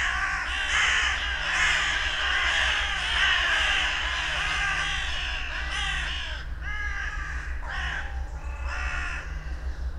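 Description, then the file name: Carrion Crow cawing, many hoarse caws crowding together, then thinning into separate calls, with a low rumble underneath. "Corvus corone"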